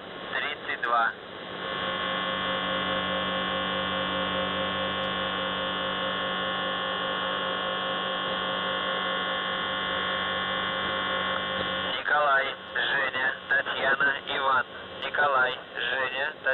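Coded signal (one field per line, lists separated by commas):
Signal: channel marker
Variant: UVB-76 (The Buzzer)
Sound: low harsh harmonic buzz for about ten seconds, then a male voice speaking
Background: radio static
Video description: "The Buzzer" is a Russian military radiostation that broadcasts on 4625 kHz.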